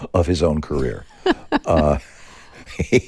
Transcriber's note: laughter